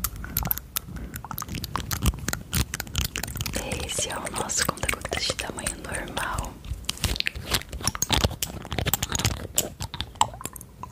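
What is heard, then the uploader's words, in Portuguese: Dense crackling and crunching taps from handled objects, steady over the whole stretch, with sharp clicks every fraction of a second. ASMR usando todos os objetos que eu tenho.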